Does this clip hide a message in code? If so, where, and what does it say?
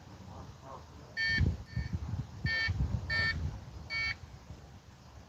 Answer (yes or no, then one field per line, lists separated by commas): no